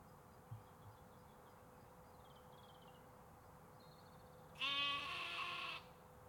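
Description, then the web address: Sheep: one loud, tremulous bleat near the end, after a quiet stretch with a few faint, thin sounds. Sheep and lambs, recorded in UK canals, parks and forests. "Sonniss com - GDC 2023-Game Audio Bundle. UK Canals, Parks Forests Sheeps Lamps"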